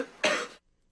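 A single short, harsh cough burst from an adult, an irritant cough set off by chili pepper.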